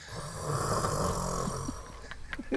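Low, rumbling snoring for about two seconds, then softer breathy snorts; an acted imitation of two men, a father and an uncle, snoring after falling asleep, likened to a snoring tournament.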